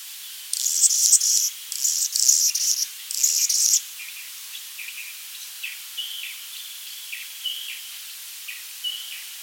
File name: Calypte anna - Anna's Hummingbird